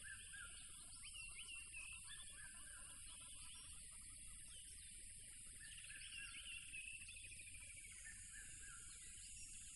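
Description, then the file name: Crickets in a steady, high-pitched continuous trill, with many varied whistles and chirps overlapping throughout and a low rumbling background. Loud crickets beside a tropical river. "smartsound ATMO NATURE Tropical River Loud Crickets"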